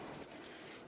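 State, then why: Not seated. A second wiring harness connector is handled by its plug on the radiator/fan assembly during a radiator replacement on a 2004–2009 Mazda 3. Only steady, even broadband noise is heard for 0.9 seconds, with no sharp hits. Nothing has seated or clicked yet.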